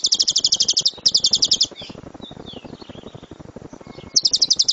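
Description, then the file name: Lovebird song: two quick volleys of shrill, rapid chirps, a soft scratchy lull, then another fast burst of high chirps. Lovebird of the dora type. "lovebird dora milik jnj omkicau"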